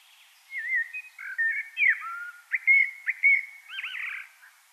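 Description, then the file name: Common blackbird song: a run of mellow, fluting whistled phrases with quick slurred twists and a scratchy, trilled flourish at the end. "Turdus merula"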